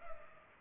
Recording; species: mosquito wingbeat signal from an infrared sensor; Culex pipiens